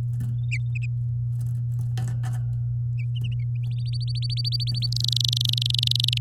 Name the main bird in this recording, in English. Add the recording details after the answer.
Domestic Canary. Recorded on 8 May 2018 at 06:39. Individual llb16